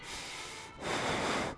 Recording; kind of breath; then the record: one breath in and out by a microphone near the nose and mouth; strong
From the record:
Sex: male